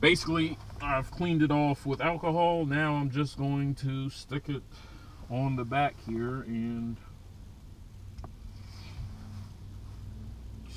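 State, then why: Seated. A billet aluminum paddle shifter extension, backed with adhesive tape and cleaned with alcohol, is pressed onto the back of a steering wheel paddle shifter while someone talks. After a quiet stretch, two quick sharp clicks are heard at 8.2 s and 8.2 s. The extension snaps into place.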